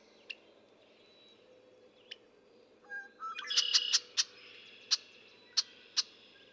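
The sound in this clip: Red-winged blackbird, a few isolated sharp chips, then a dense burst of clicks and buzzy notes, followed by spaced single chips.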